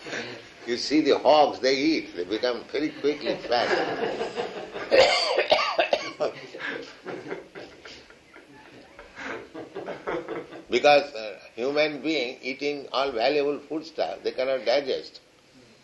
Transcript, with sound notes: You see the hogs, they eat, they become very quickly fat. [laughter]
Because human being, eating all valuable foodstuff, they cannot digest;